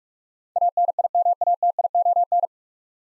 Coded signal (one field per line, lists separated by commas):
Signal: Morse code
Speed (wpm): 45 wpm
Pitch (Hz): 700 Hz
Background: none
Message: ANIMATION